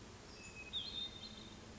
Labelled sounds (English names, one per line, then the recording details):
Hermit Thrush
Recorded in Sonoma County, California